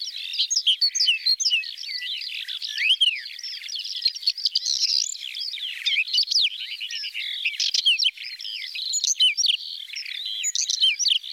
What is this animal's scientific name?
Saxicola rubetra